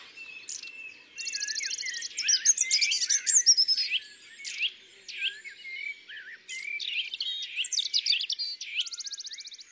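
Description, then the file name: European robin song, varied high phrases of sparkling warbles, thin whistles and fast rattling trills, delivered in bursts separated by short pauses. "ABC des chants doiseaux le rougegorge extrait"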